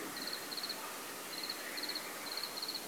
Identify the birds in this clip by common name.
none